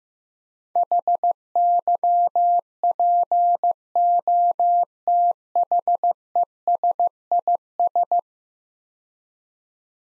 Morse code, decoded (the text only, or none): HYPOTHESIS